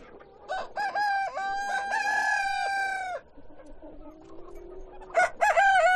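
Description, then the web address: Chicken crowing: roosters give long harmonic crows with a steady held note, a second crow starting near the end, over a background of soft hen clucks. Hens and roosters at a poultry farm. "granja avicola sonidos de gallinas y gallos"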